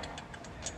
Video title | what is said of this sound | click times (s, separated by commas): EP. 629 // Toyota HILUX 2021 -ZERO KM- Instalação KIT ALTURA BY ÁGUIA 4x4 e Pneus BF Goodrich | vendo ó ó ele não encaixou você dá uma movimento tadinha para lá e para cá | none